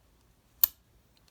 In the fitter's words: clicks into place